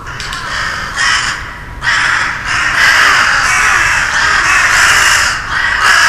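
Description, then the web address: Crow caws, harsh and raspy, in dense overlapping bursts, nearly continuous with brief lulls. "kurashi kurashi seikatsu bika karasumanual"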